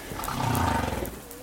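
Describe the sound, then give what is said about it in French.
A beluga whale calls with a steady, buzzy moan rich in harmonics, holding for about a second and a half with slight wavering in pitch before fading. No voices are heard. “Beluga, c'est ça.”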